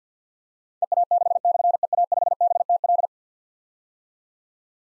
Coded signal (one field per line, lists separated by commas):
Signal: Morse code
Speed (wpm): 48 wpm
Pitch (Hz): 700 Hz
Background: none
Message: EA6/EA5BTL